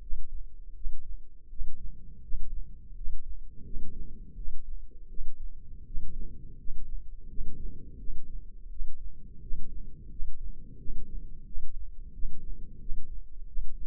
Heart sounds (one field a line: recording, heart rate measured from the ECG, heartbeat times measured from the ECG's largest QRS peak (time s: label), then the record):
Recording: heart sounds by microphone in the left ear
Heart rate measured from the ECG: 85 bpm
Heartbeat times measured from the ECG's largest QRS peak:
0.00 s: heartbeat
0.74 s: heartbeat
1.49 s: heartbeat
2.21 s: heartbeat
2.94 s: heartbeat
3.64 s: heartbeat
4.35 s: heartbeat
5.08 s: heartbeat
5.85 s: heartbeat
6.57 s: heartbeat
7.28 s: heartbeat
7.97 s: heartbeat
8.69 s: heartbeat
9.40 s: heartbeat
10.09 s: heartbeat
10.77 s: heartbeat
11.45 s: heartbeat
12.12 s: heartbeat
12.78 s: heartbeat
13.46 s: heartbeat
From the record:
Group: healthy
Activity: rest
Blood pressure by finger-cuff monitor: 114/63 mmHg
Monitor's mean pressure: 79 mmHg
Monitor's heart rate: 85 bpm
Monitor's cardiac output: 8.9 L/min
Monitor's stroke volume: 106 mL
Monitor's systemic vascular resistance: 630 dyn s/cm5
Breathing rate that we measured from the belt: 17 breaths a minute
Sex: male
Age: 24 years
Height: 184 cm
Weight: 89 kg